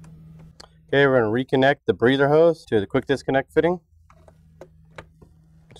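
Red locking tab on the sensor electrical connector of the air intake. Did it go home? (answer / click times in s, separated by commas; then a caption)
yes / 0.6 s. On a 2011–14 Ford F-150 5.0L during a Flowmaster Delta Force Cold Air Intake 615127 install, the intake air sensor electrical connector is reconnected by hand and its red plastic locking tab is pushed in, seating with a sharp click at 0.6 s. Someone then talks from about 0.9 to 3.8 s, followed by a few faint, quiet ticks.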